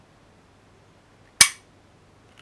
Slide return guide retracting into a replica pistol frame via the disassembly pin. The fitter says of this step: then retracts the slide return guide you'll hear it click and